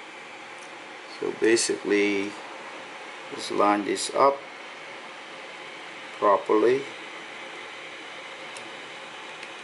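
An internal cable connector is lined up by hand with its socket on the board inside a Mavic Air remote controller, during a modification for the Titan Drone antenna system. Someone talks in three short bursts, around 1.2–2.3 s, 3.4–4.4 s and 6.3–6.8 s, over a steady low background hiss. Nothing has seated or clicked yet, as the connector is still being lined up before it is pushed in.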